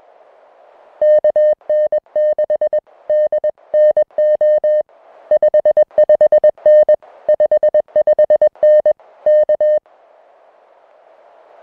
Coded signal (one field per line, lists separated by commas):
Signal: Morse code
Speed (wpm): 21 wpm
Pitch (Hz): 610 Hz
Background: music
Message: KN6DNO 55N 55N K